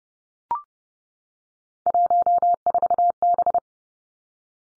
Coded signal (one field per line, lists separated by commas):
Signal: Morse code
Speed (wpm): 30 wpm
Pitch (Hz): 700 Hz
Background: none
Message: 14B